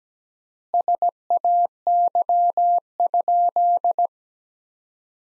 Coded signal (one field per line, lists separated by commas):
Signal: Morse code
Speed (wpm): 17 wpm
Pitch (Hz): 700 Hz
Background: none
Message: SAY?